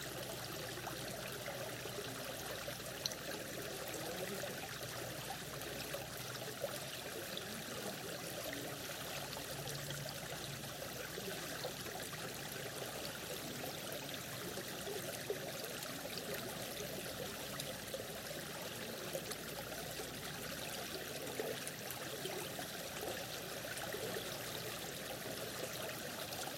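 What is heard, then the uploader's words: Water of a river rushes and trickles steadily, a dense, even wash with faint small splashes throughout. The Little Cahaba is a major tributary of the upper Cahaba River Basin watershed, which includes 190 miles of bluffs, shoals, and sharp ridges before entering the lower Cahaba Basin on the Coastal Plain. Recorded by Jake Carnley.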